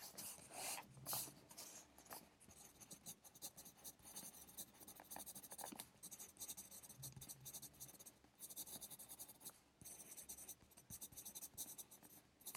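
A pencil scratches across paper in quick, uneven strokes, with bursts of denser scribbling near the start and again around six and ten seconds. A steady hiss of white noise runs underneath throughout, and a low hum rises briefly near seven seconds.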